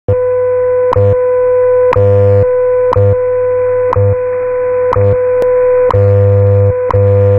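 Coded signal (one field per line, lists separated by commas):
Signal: radio time signal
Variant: WWV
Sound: steady mid-pitched tone with a low buzz, broken by a sharp tick every second, seven ticks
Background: radio static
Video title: 14 - WWV Atomic Clock [5000 kHz AM] [03-03-20]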